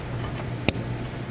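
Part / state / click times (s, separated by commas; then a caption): taillight bulb socket into taillight housing / seated / 0.7 s. A taillight bulb socket on a 2014 Ford F-150, reinstalled while setting up a Roadmaster Diode 7-Wire to 6-Wire Flexo-Coil Wiring Kit, is pushed back into the plastic taillight housing. A single sharp click sounds at 0.7 s over a steady low background hum, and the socket is seated in place.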